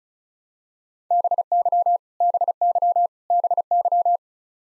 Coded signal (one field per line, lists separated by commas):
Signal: Morse code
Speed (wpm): 34 wpm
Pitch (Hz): 700 Hz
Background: none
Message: BY BY BY